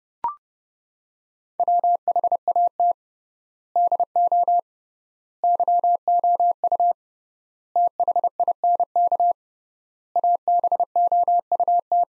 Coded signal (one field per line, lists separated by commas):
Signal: Morse code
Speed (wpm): 30 wpm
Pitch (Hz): 700 Hz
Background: none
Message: WHAT DO YOU THINK ABOUT